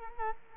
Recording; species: mosquito wingbeat signal from an infrared sensor; Culex quinquefasciatus